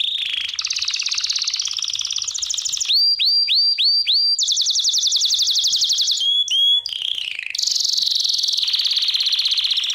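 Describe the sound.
American Singer canary song, continuous and loud, with fast rattling trills, repeated rising swoops and high rolling phrases changing every second or two.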